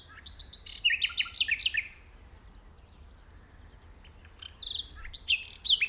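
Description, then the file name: Common nightingale song: bursts of whistled notes and fast chattering trills, a quiet gap midway, then more high whistles and rattles. "Luscinia megarhynchos"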